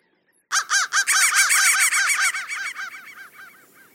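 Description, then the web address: Crow giving a fast string of loud, harsh caws, strongest early and fading toward the end. "soundfactory crow"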